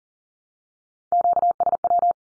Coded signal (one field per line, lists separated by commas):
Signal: Morse code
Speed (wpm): 39 wpm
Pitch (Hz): 700 Hz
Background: none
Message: QSW